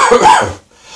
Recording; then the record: coughing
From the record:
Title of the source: Spring Cold Coughing 2